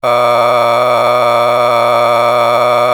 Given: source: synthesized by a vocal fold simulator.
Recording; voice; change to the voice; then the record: sustained vowel; male; a random mix of aspiration noise, stiffness perturbation and strain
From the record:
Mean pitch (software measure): 120 Hz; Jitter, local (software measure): 2.11%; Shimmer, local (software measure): 9.1%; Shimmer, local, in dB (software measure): 0.76 dB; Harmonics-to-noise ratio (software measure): 9.2 dB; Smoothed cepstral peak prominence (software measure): 15.3 dB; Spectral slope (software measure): -12.9 dB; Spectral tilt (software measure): -10.0 dB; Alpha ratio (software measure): -3.4 dB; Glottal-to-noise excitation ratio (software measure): 0.946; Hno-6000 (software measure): 1.9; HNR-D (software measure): 22.7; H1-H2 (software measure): 1.4 dB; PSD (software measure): 2.2e-04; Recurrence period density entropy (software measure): 0.126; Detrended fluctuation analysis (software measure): 0.0304